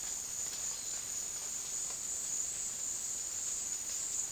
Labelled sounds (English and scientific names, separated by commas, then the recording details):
none
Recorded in dense forest near Puerto Asís, Putumayo, Colombia, on 18 February 2024 at 14:00
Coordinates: 0.466, -76.327
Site G6413